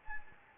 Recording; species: mosquito wingbeat signal from an infrared sensor; Anopheles gambiae